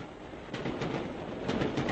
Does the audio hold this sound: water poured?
no